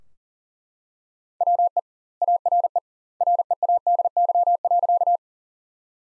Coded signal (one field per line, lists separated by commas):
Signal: Morse code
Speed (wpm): 40 wpm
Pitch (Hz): 700 Hz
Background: none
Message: WE ARE READY.